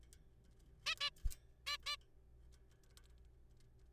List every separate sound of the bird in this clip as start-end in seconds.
0.86-0.95, 1.01-1.10, 1.67-1.77, 1.86-1.96